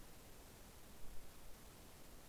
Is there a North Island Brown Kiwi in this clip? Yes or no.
no